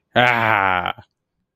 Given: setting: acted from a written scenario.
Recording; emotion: vocal sound without words; elation